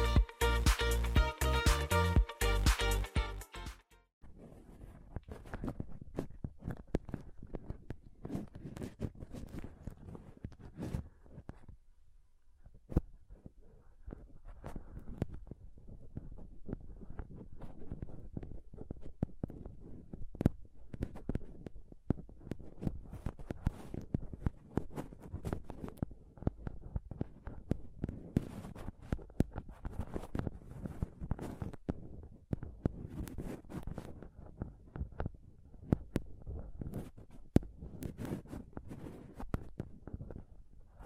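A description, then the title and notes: Close-up scratching and touching on a microphone: a loud, dense rasping burst opens, then irregular soft scrapes, taps and low thumps continue throughout. ASMR Intense Mic Scratching & Touching Close-Up Mic Sounds (No Talking).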